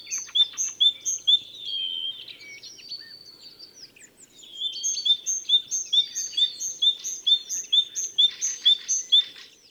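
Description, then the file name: Great tit song: bright two-note phrases repeated rapidly in strings of high, clear notes, pausing briefly midway before resuming, with faint low background noise. "Parus major"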